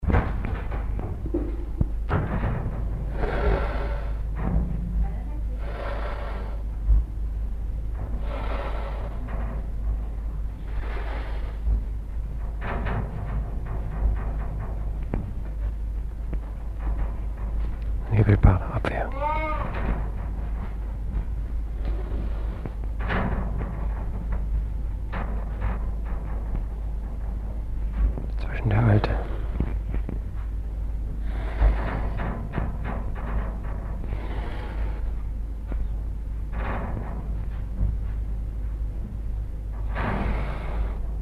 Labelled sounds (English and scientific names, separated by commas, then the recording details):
Clouded Leopard (Neofelis nebulosa)
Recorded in captivity
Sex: diverse
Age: adult
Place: Tierpark Berlin, Berlin, DE
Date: 1960-12-28 14:00
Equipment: Minifon, Kopie Smaragd
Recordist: Tembrock, Günter